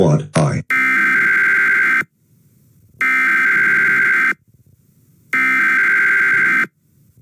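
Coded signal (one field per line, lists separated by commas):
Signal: Emergency Alert System (SAME) tones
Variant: header bursts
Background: speech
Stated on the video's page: Fictional EAS scenario made for entertainment.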